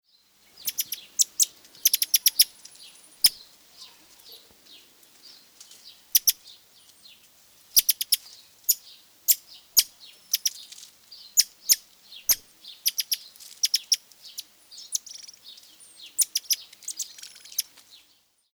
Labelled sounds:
Brown-mantled Tamarin

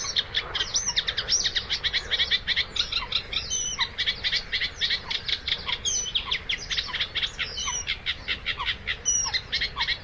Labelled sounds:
Eurasian Reed Warbler song

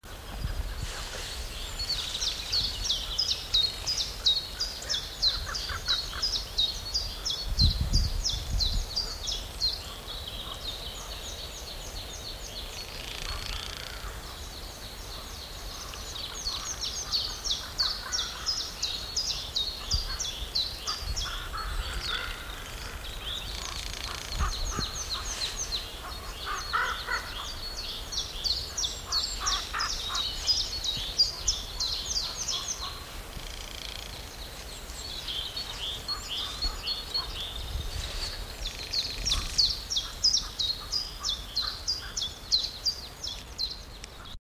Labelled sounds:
Common Raven call
Common Chiffchaff

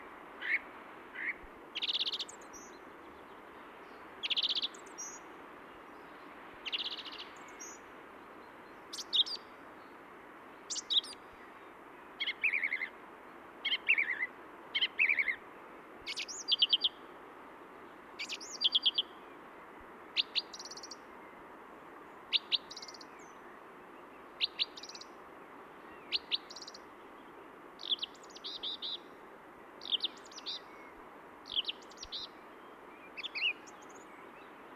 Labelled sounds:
Song Thrush song

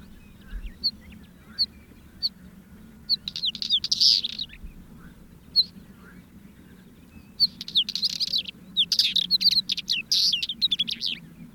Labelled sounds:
Northern Wheatear song

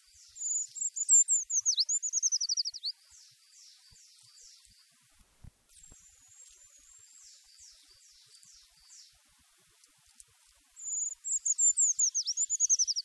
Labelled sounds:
Eurasian Treecreeper song

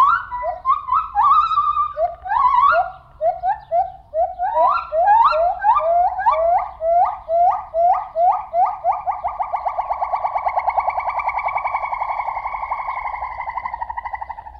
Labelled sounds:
Lar Gibbon

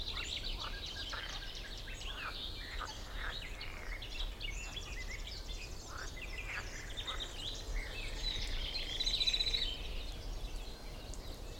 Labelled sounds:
Common Chaffinch

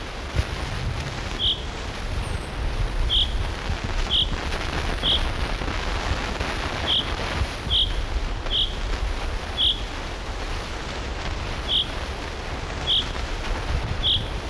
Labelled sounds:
Common Chaffinch call

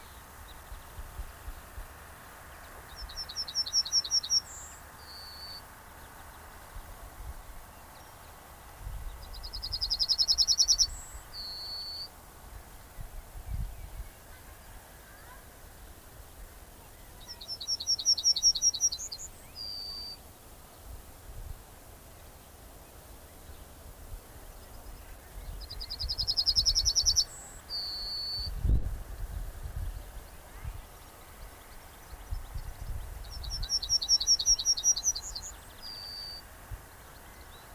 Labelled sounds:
Yellowhammer song

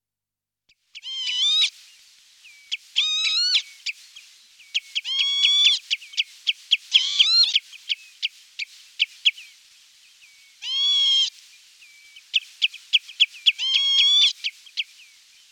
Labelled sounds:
Northern Lapwing song

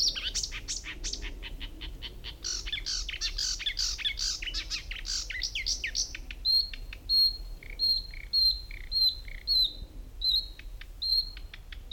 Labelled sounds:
Marsh Warbler

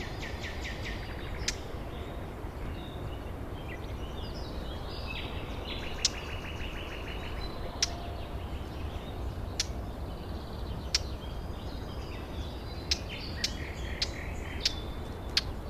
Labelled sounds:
Eurasian Blackcap

